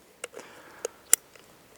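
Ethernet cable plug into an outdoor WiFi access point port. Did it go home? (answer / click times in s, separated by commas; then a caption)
yes / 1.1 s. An RJ45 Ethernet cable plug is pushed into the plastic port of a Flash Owl AC600 outdoor WiFi access point and repeater. Two smaller clicks at about 0.2 and 0.9 seconds lead up to a sharp, bright snap at 1.1 seconds as the plug latches and seats in the port, followed by a few faint ticks.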